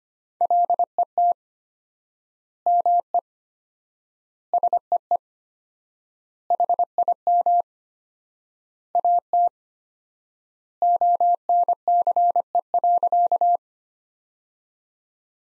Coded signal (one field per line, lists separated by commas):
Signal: Morse code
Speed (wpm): 25 wpm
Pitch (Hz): 700 Hz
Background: none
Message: LET ME SEE HIM AT ONCE.